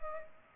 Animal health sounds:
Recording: mosquito wingbeat signal from an infrared sensor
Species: Culex pipiens

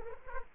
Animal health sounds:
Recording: mosquito wingbeat signal from an infrared sensor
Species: Culex quinquefasciatus

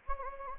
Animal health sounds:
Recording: mosquito wingbeat signal from an infrared sensor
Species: Anopheles gambiae

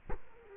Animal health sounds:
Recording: mosquito wingbeat signal from an infrared sensor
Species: Culex quinquefasciatus

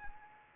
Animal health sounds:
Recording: mosquito wingbeat signal from an infrared sensor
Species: Anopheles arabiensis

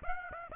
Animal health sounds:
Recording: mosquito wingbeat signal from an infrared sensor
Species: Aedes aegypti

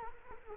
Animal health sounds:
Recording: mosquito wingbeat signal from an infrared sensor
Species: Culex quinquefasciatus

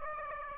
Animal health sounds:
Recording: mosquito wingbeat signal from an infrared sensor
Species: Aedes aegypti

